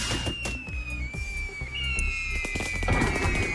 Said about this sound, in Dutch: Ja, nog 1,5 maand en dan is het oud en nieuw. Toch zijn mensen al volop bezig met het afsteken van vuurwerk.